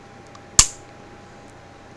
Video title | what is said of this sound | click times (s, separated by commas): Colt 1991A1 and 1911 Breakdown and firing pin removal | and the other pin is to keep this in place so you heard that click as I pushed up that was | 0.6 s